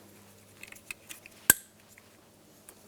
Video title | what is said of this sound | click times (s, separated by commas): How to Replace Side Mirror 2009-2019 Ford Flex | we'll press that in and listen for a click | 1.5 s